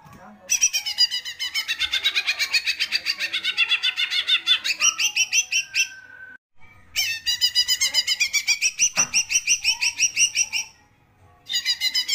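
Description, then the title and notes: Leafbird pouring out rapid chattering song phrases, several seconds each, with brief pauses between the energetic bursts of repeated notes. Masteran training recording for caged birds, used as a lure to prompt singing; bird singing constantly (gacor). "Masteran & Pancingan Cucak Ijo Gacor. Burung Cucak Ijo"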